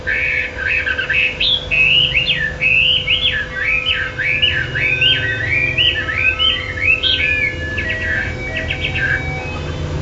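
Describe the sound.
Chinese hwamei song: continuous loud, wavering whistled phrases sliding up and down, ending in short choppy notes, over a low steady hum.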